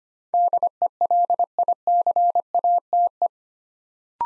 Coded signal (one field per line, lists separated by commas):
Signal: Morse code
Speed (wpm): 25 wpm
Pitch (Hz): 700 Hz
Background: none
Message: DELICATE